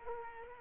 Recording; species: mosquito wingbeat signal from an infrared sensor; Culex quinquefasciatus